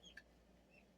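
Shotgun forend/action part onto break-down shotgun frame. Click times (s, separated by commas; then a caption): 0.2 s. After a dab of grease is rubbed into a groove, the forend/action part of an Eastern Arms 12 gauge break-down shotgun is slid back onto the frame. A single short, sharp click at 0.2 s stands out over a low, steady background. The part clicks into place and seats.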